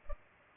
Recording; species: mosquito wingbeat signal from an infrared sensor; Culex pipiens